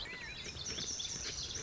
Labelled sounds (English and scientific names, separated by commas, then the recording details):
Lazuli Bunting (Passerina amoena)
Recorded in Sonoma County, California